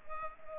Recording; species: mosquito wingbeat signal from an infrared sensor; Culex pipiens